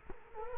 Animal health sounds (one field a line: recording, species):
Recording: mosquito wingbeat signal from an infrared sensor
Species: Culex quinquefasciatus